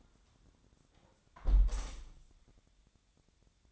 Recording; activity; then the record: daily activity, microphone in the room; close window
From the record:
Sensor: 3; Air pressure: 1000.4 hPa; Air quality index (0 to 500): 157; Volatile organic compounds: 3 ppm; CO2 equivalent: 1362 ppm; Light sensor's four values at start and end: 14/36/14/16 and 13/34/13/15